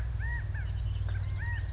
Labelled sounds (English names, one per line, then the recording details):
California Quail
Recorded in Sonoma County, California